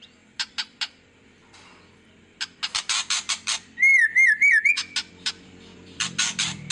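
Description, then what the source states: White-rumped shama song with loud harsh chattering bursts and a brief wavering whistled phrase in the middle, repeated rasping notes around it. Lure song of an actively singing ('gacor') murai batu, played to make other birds respond.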